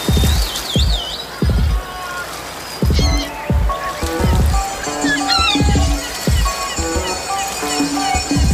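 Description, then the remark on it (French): A seaside cruise ship sound effect: steady washing water with rhythmic low thumps, while high chirping bird calls and whistling tones rise and fall over it. “Oui, toujours sur le SS Rocky, le célèbre bateau de croisière”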